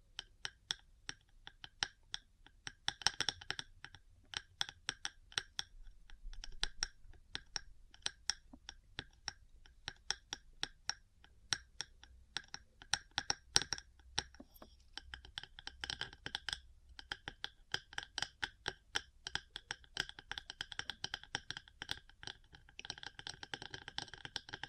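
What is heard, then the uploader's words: Metal parts tap and click sharply throughout, with denser bursts of rapid scratching near the start, middle and end. ASMR 3Dio Metal Parts Tapping & Scratching for Sleep and Relaxation (No Talking).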